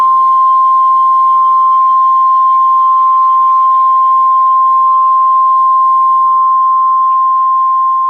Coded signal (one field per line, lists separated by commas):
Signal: Emergency Alert System (SAME) tones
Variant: 1050 Hz attention tone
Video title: KIH35 Just dies... EAS Alerts from 6/22/22